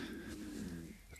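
A brief low, steady rumbling growl fading after about a second: ordinary stomach growling in an adult from gut gas and fluid movement, the morning after a large meal with more alcohol than usual and before eating.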